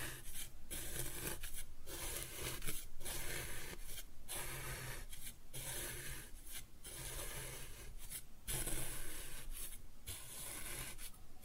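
Kinetic sand is cut and scooped in a steady run of grainy, rasping strokes that fill the whole stretch. Short pauses break the scraping about once a second, giving an even rhythm, and the gritty texture stays bright and dense throughout.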